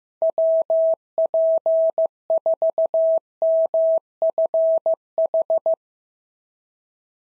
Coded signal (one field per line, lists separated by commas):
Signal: Morse code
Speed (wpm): 14 wpm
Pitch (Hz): 650 Hz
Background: none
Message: WP4MFH